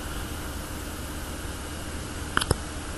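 A protective plastic cap is pulled off an e-cigarette tobacco pod with a brown top, against a steady low background hiss. The cap pops off with a sharp click at 2.4 s, followed by two smaller clicks just after, and the cap is released.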